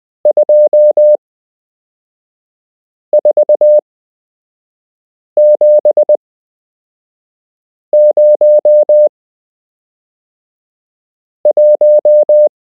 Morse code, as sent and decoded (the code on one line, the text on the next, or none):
..--- ....- --... ----- .----
24701